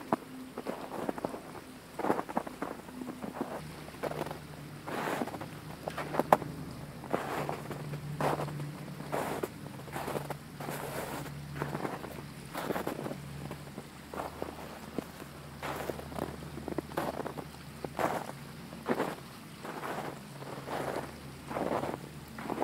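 Boots crunch through snow in a steady walking rhythm, roughly one sharp, gritty step every second, with a few heavier crunches around six seconds. Beneath the steps runs a constant low rumble and soft wash of flowing water that never lets up.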